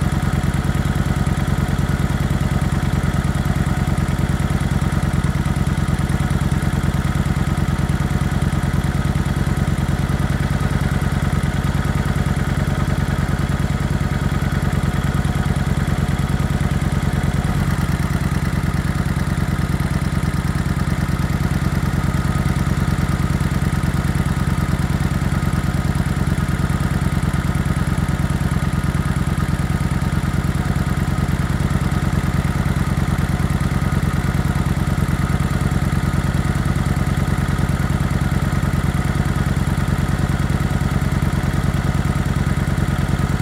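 A motorcycle engine idles steadily, a low, even purr that holds at the same level for the whole stretch. Fine, rapid firing pulses run through the deep rumble, with a faint higher whine above it and a slight shift in tone near the middle.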